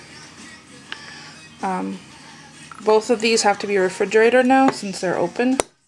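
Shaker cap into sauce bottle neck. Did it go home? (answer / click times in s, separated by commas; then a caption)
no / none. A plastic shaker cap is handled over the neck of a refilled ponzu sauce container while someone talks over background music, with a brief sharp tick near 0.9 s. The cap has not seated or clicked yet by the end of the clip.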